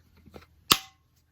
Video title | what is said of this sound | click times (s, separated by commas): Temu Haul #2 - Amazing Products, Super Low Prices, @shoptemu #temustyle #temufinds #temu #TemuSpring | and then when I close it you can hear it'll pop close | 0.7 s